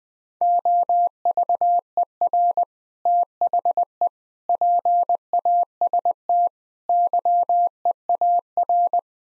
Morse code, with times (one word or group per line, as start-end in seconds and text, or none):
0.4-2.6 OVER
3.1-4.1 THE
4.5-6.5 PAST
6.9-9.0 YEAR